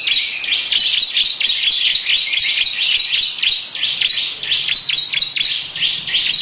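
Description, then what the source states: Lovebird pouring out a dense, continuous scratchy chatter of high notes with hardly any break. Long "ngekek panjang" song.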